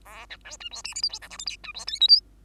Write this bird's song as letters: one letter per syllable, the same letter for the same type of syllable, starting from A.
A B C D E F G H I J K L M D E N O P